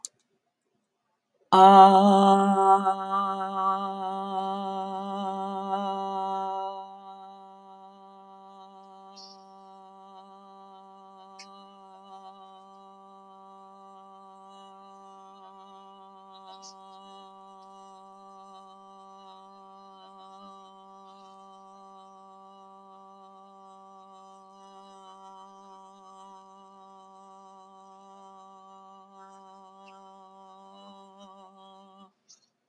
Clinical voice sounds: vowel held as long as possible; female; 50 to 59 years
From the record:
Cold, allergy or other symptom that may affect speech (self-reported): no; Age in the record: 54 years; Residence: Pennsylvania, United States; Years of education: 16

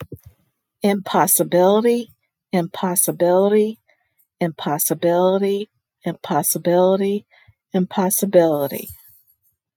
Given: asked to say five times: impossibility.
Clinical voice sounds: repeated word; female; 60 to 69 years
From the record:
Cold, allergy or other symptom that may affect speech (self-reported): no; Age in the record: 60 years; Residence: Ohio, United States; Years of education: 16

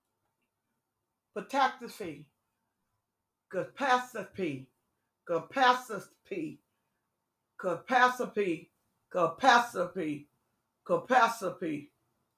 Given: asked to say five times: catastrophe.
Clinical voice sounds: repeated word; female; 60 to 69 years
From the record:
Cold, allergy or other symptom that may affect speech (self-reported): no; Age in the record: 61 years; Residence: Alabama, United States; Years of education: 14

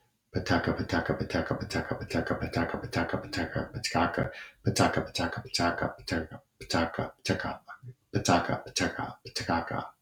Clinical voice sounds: repeated syllables /pa ta ka/; male; 40 to 49 years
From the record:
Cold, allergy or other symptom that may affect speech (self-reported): no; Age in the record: 47 years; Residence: Montana, United States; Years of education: 17

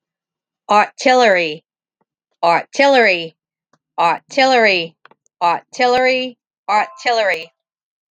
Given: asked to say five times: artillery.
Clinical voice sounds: repeated word; female; 50 to 59 years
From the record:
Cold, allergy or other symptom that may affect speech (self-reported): no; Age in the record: 58 years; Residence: Iowa, United States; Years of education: 12

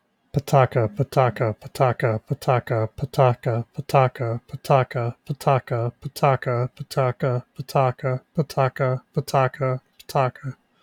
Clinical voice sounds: repeated syllables /pa ta ka/; male; 20 to 29 years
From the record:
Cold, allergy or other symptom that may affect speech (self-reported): no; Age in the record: 26 years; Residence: Pennsylvania, United States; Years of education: 12

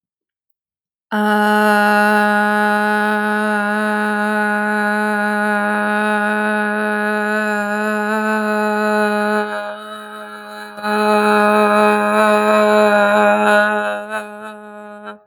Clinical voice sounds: vowel held as long as possible; female; 20 to 29 years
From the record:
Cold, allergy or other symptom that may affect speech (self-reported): no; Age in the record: 25 years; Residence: Texas, United States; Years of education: 16

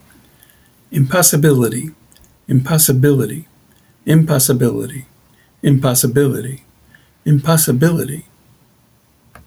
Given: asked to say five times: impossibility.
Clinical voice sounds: repeated word; male; 60 to 69 years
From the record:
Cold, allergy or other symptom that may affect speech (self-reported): no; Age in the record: 64 years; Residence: New York, United States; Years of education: 15

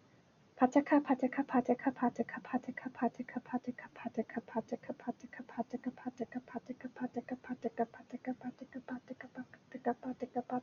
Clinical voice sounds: repeated syllables /pa ta ka/; female; 20 to 29 years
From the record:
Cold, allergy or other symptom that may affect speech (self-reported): no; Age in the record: 28 years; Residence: Illinois, United States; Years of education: 16

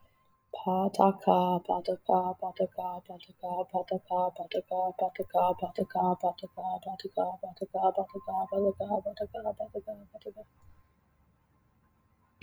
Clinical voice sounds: repeated syllables /pa ta ka/; female; 30 to 39 years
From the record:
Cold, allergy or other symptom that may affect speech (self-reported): yes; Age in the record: 32 years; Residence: Washington, United States

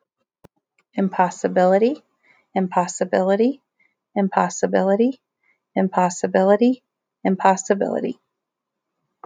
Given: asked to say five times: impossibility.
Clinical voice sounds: repeated word; female; 30 to 39 years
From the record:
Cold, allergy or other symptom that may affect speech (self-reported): no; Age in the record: 32 years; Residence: Arizona, United States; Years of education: 18

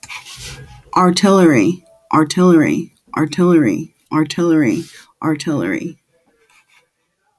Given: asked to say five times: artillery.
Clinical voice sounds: repeated word; female; 30 to 39 years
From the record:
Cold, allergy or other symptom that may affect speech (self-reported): no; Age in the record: 35 years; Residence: New Jersey, United States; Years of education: 13

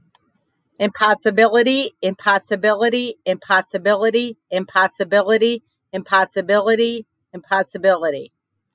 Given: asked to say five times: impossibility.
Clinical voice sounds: repeated word; female; 50 to 59 years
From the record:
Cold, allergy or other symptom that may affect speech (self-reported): no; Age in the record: 54 years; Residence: United States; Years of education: 14

